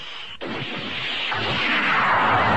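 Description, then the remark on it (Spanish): A thunder sound effect, played in as the thunder of Jupiter: a sharp crack breaks in, then a loud, broad rumble swells and rolls on steadily, growing heavier toward the end. No voices are heard. “A ver, larga el trueno.”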